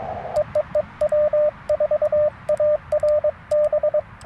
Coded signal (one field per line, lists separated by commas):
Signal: Morse code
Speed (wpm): 20 wpm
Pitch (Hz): 590 Hz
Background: radio noise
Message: EEE W4ARB